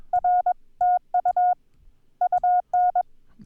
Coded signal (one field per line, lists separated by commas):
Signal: Morse code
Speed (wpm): 22 wpm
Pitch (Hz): 720 Hz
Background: none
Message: R TU UN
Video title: Setting up N1MM with CW